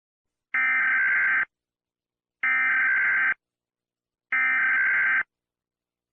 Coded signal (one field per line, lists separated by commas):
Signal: Emergency Alert System (SAME) tones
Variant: header bursts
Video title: EAS lowa fire danger alert starts at 3:51 am to 7:00 PM (My First Weather EAS Alert)